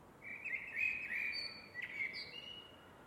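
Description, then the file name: Eurasian blackbird singing a smooth run of fluty warbled notes broken by a sharp high squeak, then a few thinner notes trailing off. "MERLES"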